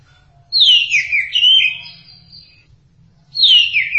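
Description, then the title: Thrush song with a loud descending whistled phrase that slides down into softer warbling notes, then a second falling whistle starts, over a faint low hum. "burung anis"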